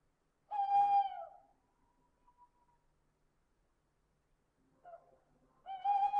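Owl hooting: one long, even, tonal hoot that fades into a faint trailing tone, then a short weak call and a second strong hoot at the end.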